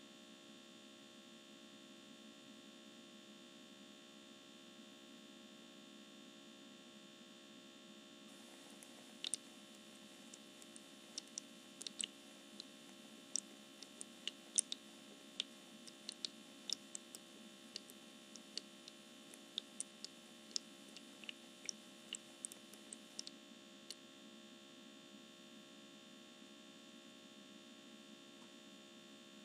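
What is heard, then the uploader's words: An essential oil diffuser runs with a steady electrical hum and a constant high whine throughout. From about 8 to 24 seconds, sharp little ticks and crackles pop in irregularly over the drone, then stop, leaving only the even hum. ASMR Essential Oil Diffuser Misting.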